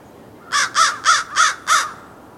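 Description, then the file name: American crow calling with a run of five rough, rasping caws, steady in pitch and tightly spaced. "Corvus brachyrhynchos - American Crow"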